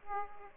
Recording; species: mosquito wingbeat signal from an infrared sensor; Aedes aegypti